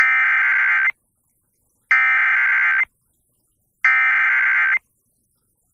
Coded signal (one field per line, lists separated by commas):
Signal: Emergency Alert System (SAME) tones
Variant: header bursts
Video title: 8/11/2019 EAS Tornado Warning Linn, IA (EAS #10)